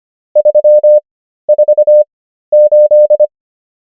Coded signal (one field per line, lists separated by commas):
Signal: Morse code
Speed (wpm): 25 wpm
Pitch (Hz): 600 Hz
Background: none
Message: 348